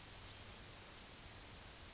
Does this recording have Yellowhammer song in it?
no